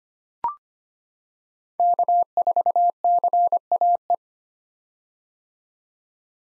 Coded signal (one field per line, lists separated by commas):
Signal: Morse code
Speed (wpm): 25 wpm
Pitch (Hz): 700 Hz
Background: none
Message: K4CAE